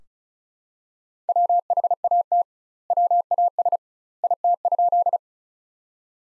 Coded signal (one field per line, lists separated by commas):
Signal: Morse code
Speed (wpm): 34 wpm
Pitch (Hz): 700 Hz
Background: none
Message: WHAT WAS IT?